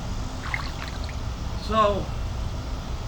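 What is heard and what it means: A dive knife is jammed into its plastic sheath, whose lock is stiff enough to almost need two hands, and it locks with a sharp hit at 0.5 s. A softer knock follows, and someone talks briefly over a steady background hiss. The knife ends up seated in the sheath.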